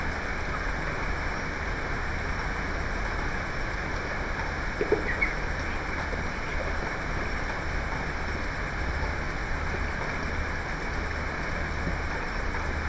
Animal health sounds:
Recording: poultry house recording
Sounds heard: healthy chickens

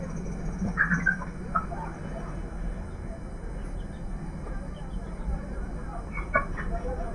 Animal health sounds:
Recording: poultry house recording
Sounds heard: healthy chickens

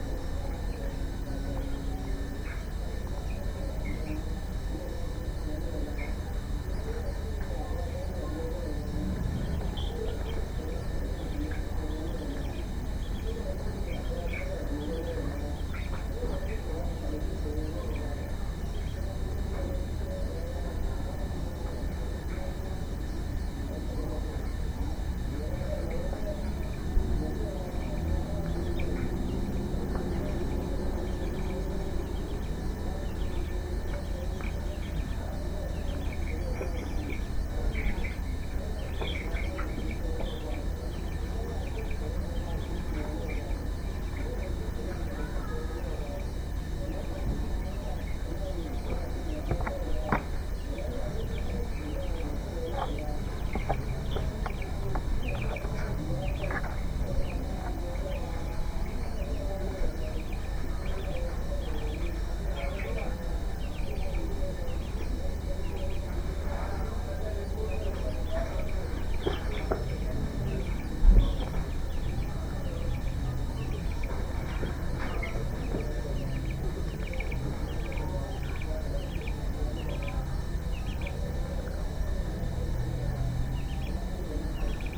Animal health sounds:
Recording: poultry house recording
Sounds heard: healthy chickens

